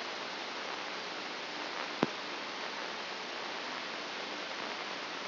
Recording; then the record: brain microelectrode recording played as sound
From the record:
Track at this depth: inside the subthalamic nucleus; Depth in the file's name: 3.431 mm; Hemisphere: left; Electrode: 2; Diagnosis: Parkinson's disease